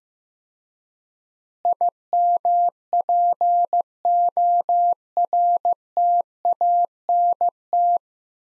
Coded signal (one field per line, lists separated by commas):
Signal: Morse code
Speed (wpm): 15 wpm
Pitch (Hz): 700 Hz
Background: none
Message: IMPORTANT